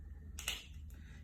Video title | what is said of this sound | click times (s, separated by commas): How to Change the Battery in my Garage Door Remote | clip you stick it in one of the holes and you twist and you're gonna hear a popping noise | 0.4 s, 0.5 s